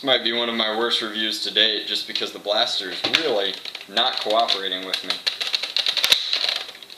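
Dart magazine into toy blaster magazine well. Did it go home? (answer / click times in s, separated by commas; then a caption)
yes / 6.1 s. A plastic dart magazine is slid into the magazine well of a toy foam-dart blaster while someone talks for most of the clip. Near the end, a quick run of sharp plastic clicks and rattles is heard as it goes in, and the magazine clicks into place and seats at 6.1 s.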